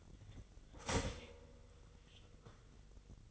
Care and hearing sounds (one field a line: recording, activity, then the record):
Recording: daily activity, microphone in the room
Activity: start toaster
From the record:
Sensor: 4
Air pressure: 1002.9 hPa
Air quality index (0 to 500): 237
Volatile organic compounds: 17 ppm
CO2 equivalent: 2574 ppm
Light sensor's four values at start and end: 22/74/28/28 and 20/67/25/25